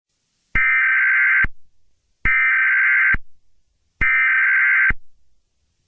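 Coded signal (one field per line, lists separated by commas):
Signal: Emergency Alert System (SAME) tones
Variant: header bursts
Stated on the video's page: Fictional EAS scenario, not a real alert.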